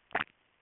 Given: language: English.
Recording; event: throat vibration sensor signal played as sound; swallow